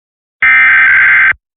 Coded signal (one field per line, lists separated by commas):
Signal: Emergency Alert System (SAME) tones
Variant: header bursts